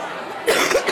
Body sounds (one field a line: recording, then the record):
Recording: coughing mixed with background sound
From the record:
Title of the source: 34 coughing up crap again